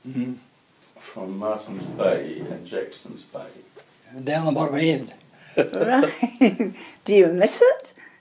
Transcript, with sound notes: Mm-hm. From Martin’s Bay and Jackson’s Bay. And down the bottom end. [Chuckles] Right… do you miss it?